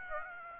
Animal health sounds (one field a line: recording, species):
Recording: mosquito wingbeat signal from an infrared sensor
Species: Aedes aegypti